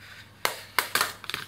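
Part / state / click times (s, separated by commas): laptop keyboard held in the top casing by clips / released / 0.5 s, 0.8 s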